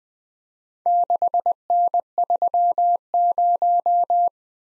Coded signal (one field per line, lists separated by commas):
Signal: Morse code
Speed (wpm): 20 wpm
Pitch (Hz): 700 Hz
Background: none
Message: 6N30